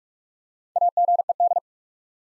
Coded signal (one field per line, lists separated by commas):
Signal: Morse code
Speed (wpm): 44 wpm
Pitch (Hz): 700 Hz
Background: none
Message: AGED